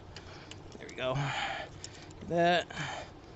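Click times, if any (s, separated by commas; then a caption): none. During a timing belt job on a 2018 Ford F-150 with a Dayco kit and DDE cam gears, a part, most likely an electrical connector, is pushed toward its mating socket near the injection pump. Faint ticks and light handling noises are heard while someone talks. Nothing has seated or clicked yet.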